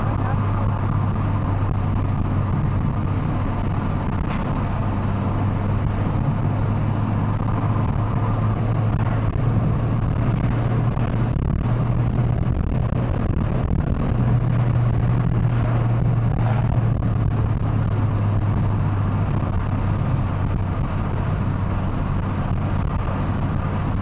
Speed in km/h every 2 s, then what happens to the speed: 113, 111, 108, 113, 126, 135, 140, 132, 115, 113, 107, 109.
0-5 steady at about 111. 5-12 speeds up to 140. 12-24 slows to 109.